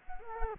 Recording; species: mosquito wingbeat signal from an infrared sensor; Culex quinquefasciatus